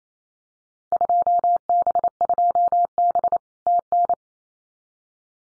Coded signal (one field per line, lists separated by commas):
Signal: Morse code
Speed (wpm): 28 wpm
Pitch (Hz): 700 Hz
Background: none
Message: 2B2B TN